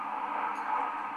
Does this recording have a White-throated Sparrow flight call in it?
no